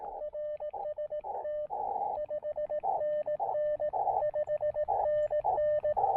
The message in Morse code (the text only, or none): RST 5NN 5NN